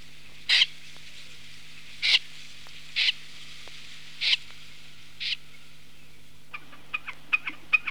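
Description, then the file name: Common snipe giving harsh, rasping single calls, five in a row roughly one to one and a half seconds apart, followed by a few faint clicking ticks. "BECCACCINO"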